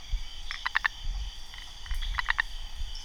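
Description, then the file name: Myristica swamp treefrog calling, two short bursts of three quick notes about a second and a half apart, over low background rumble. "Mercurana"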